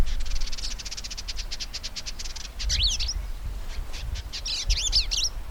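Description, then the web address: Purple indigobird song of fast repeated clicking notes, then two bursts of sharp, swooping chattery phrases, with faint low rumble. "Indigobird Song Vidua purpurascens"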